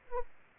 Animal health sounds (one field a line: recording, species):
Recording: mosquito wingbeat signal from an infrared sensor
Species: Aedes aegypti